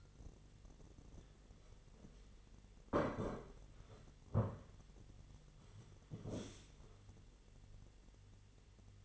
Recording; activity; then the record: daily activity, microphone in the room; sit down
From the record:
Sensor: 4